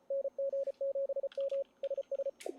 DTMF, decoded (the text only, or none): none